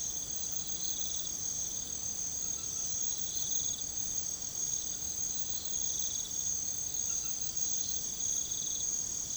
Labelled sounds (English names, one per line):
none